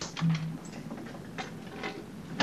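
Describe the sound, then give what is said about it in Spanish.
A barred metal door is opened, with a short low squeak followed by several sharp metallic clanks and rattles spread unevenly, ending in a louder clatter. “Después de abrir la puerta de barrotes, uno de los enfermeros negros se acerca al paciente amarrado con correas a la cama.”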